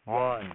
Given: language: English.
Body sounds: throat vibration sensor signal played as sound; speech

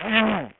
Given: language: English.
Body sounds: throat vibration sensor signal played as sound; throat clearing

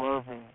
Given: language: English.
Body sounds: throat vibration sensor signal played as sound; speech

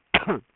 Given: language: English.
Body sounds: throat vibration sensor signal played as sound; cough

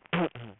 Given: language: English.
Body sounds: throat vibration sensor signal played as sound; throat clearing

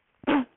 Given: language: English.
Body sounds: throat vibration sensor signal played as sound; cough

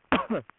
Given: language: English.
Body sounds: throat vibration sensor signal played as sound; cough

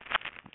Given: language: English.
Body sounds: throat vibration sensor signal played as sound; swallow

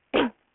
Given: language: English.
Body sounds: throat vibration sensor signal played as sound; cough

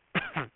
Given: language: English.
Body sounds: throat vibration sensor signal played as sound; cough

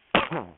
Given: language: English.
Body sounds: throat vibration sensor signal played as sound; cough

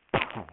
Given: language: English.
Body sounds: throat vibration sensor signal played as sound; cough

